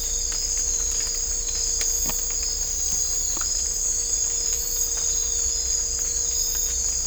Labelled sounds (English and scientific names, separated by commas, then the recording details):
none
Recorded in dense forest near Puerto Asís, Putumayo, Colombia, on 18 December 2024 at 01:30
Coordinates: 0.500, -76.322
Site G053